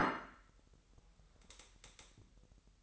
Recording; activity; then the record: daily activity, microphone in the room; place plate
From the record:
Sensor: 3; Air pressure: 1002.0 hPa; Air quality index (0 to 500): 246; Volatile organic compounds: 50 ppm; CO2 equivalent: 3293 ppm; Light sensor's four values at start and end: 12/37/16/13 and 12/36/16/13